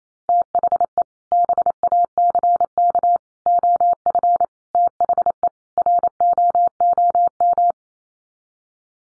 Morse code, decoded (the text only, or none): THE BACK OF THE ROOM